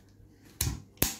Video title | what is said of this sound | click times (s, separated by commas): Deactivated M16-A1 | It really locks in with | 0.6 s, 1.0 s